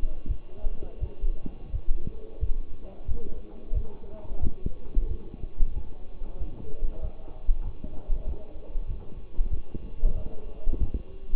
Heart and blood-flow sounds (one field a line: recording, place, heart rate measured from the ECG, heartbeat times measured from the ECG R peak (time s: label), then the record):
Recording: heart sounds by stethoscope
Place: between the tricuspid and mitral areas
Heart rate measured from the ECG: 91 bpm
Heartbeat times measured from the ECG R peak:
0.27 s: heartbeat
0.99 s: heartbeat
1.71 s: heartbeat
2.39 s: heartbeat
3.07 s: heartbeat
3.73 s: heartbeat
4.40 s: heartbeat
5.07 s: heartbeat
5.74 s: heartbeat
6.39 s: heartbeat
7.01 s: heartbeat
7.64 s: heartbeat
8.25 s: heartbeat
8.87 s: heartbeat
9.50 s: heartbeat
10.14 s: heartbeat
10.79 s: heartbeat
From the record:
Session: walking at 3.7 km/h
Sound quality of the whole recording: partially saturated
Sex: male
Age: 24 years